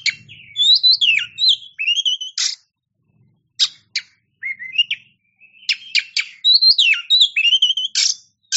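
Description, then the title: Oriental magpie-robin song mixing sweet rising whistles with scratchy clicks and rasping bursts, delivered in fast uneven phrases with a faint low hum early on. Champion songbird. "Kicau Burung Kacer Juara"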